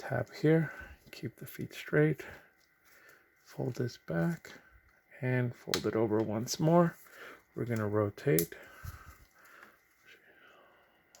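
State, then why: Seated. A section of a Threezero Robo-Dou Voltron die-cast/plastic collectible robot lion is folded back, folded over and rotated during transformation while someone talks. A faint soft tick comes at 9.6 s, and the section clicks into its transformed position at 11.2 s, seated.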